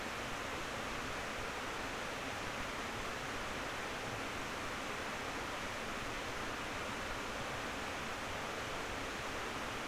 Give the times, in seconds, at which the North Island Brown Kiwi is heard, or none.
none